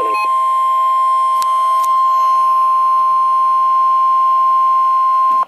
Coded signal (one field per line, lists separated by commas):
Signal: Emergency Alert System (SAME) tones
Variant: 1050 Hz attention tone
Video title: Severe Thunderstorm Warning [EAS 466/467] | NOAA Weather Radio (7/26/2012)